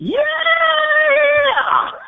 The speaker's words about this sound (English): Yeah! Lady scream. That was perfect.